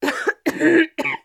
Female cough clear throat.